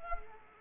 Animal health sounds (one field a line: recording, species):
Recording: mosquito wingbeat signal from an infrared sensor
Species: Culex quinquefasciatus